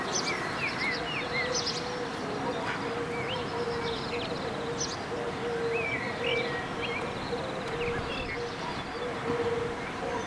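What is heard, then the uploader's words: Morning in a town: scattered birdsong chirps over a steady low traffic rumble, with a faint sustained hum and voices throughout. Morning in the Town.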